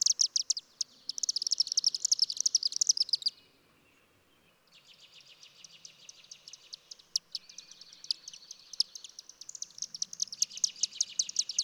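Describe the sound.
Bird song of high, buzzy trilled phrases broken by a brief pause, then resuming as a long, dry, rapid rattle.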